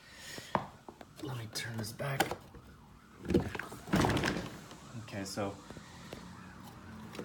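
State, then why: Not seated. A plastic bumper trim piece is handled by hand at the front bumper of a Tesla Model S during a retrofit of a facelift bumper onto the older car. Someone talks while scattered knocks and handling thumps are heard, the sharpest near 0.6 s. Nothing has seated or clicked yet.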